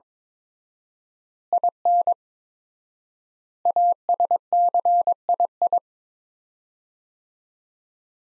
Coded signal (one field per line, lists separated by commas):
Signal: Morse code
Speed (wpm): 22 wpm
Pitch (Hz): 700 Hz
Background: none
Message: IN ASCII